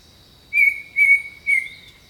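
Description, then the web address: Bird whistling three pure, level notes in quick succession, against a steady high-pitched insect tone. Jungle birdsong. "The Natural Sounds of the Wilderness 10 CDs collection Echoes of Nature - Jungle Talk 01 Jungle Birdsong"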